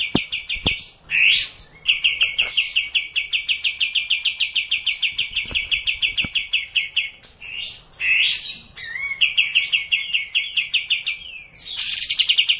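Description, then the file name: Streak-eared bulbul with long, rapid buzzy trills broken by a few sharp rising whistles. Masteran (training recording for cage birds). "kapas tembak masteran"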